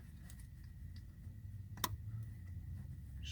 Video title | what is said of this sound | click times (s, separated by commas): 2000 Pontiac Grand Prix GT Hub Bearing Replacement | hear it click and we're all good there | 1.8 s